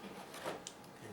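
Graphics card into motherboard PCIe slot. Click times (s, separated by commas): 0.7 s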